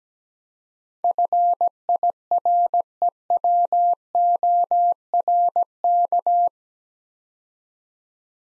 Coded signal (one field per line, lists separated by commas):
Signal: Morse code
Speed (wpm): 17 wpm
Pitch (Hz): 700 Hz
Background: none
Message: FIREWORK